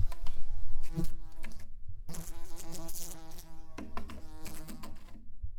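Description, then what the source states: Fly buzzing, a droning hum that swells and fades with shifting pitch, stopping briefly twice. Flying around.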